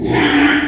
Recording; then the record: squeal of a Yucatan mini pig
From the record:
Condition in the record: after surgery on the right vocal fold (resection and tissue-engineered implant); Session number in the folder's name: 3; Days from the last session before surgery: 33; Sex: male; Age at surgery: 12 weeks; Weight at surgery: 13 kg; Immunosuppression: cyclosporine, prednisolone